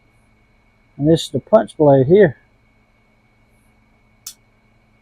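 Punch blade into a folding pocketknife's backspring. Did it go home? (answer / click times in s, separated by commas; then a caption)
yes / 4.3 s. Someone talks briefly, then the punch blade of a vintage folding pocketknife is worked and snapped shut against the backspring, giving a single sharp, short click at 4.3 s. The blade closes with a very good snap.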